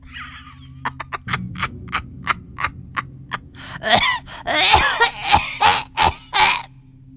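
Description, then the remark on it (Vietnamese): An old woman, laughing as she talks, gives a hacking, phlegmy cough as she tries in vain to bring up phlegm stuck in her throat: a string of short dry hacks that build into louder, raspy, strained bursts, about a dozen in an uneven rhythm, with no talking. “Cứ vừa nói vừa cười, thỉnh thoảng bà già ho sù sụ như muốn cố để long cái cục đờm ở trong cổ ra mà chẳng được.”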